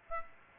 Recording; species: mosquito wingbeat signal from an infrared sensor; Aedes aegypti